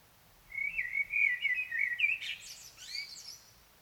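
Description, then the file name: Common blackbird song: a mellow, wavering fluted phrase that breaks into a burst of thin, high, scratchy twittering at the end. "Turdus merula"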